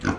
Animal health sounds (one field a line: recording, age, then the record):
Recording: pig call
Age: growing-finishing pig (85 days or more)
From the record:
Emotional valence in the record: negative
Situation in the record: barren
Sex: female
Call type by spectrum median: low-frequency call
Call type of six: low-frequency tonal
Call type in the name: low-frequency modulated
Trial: 3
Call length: 0.19 s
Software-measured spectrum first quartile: 228 Hz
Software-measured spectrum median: 536 Hz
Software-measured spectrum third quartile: 1457 Hz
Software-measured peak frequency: 269 Hz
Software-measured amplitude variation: 210 dB a second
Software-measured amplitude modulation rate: 13.4 a second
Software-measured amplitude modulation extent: 15.7 dB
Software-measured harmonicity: 0.2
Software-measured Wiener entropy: -1.11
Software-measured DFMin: 402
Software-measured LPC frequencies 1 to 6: 1448, 2373, 3292, 4336, 4832, 6068 Hz